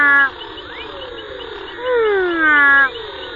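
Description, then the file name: Four-eyed frog call: the tail of one call, then a longer descending whine lasting about a second, over a background chorus of similar falling calls and a steady high drone. "Pleurodema fuscomaculatum"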